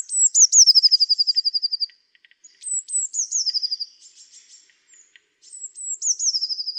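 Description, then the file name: Eurasian blue tit song: two or three thin, high, sliding notes, then a rapid trill, repeated three times with short pauses between. "Cyanistes caeruleus"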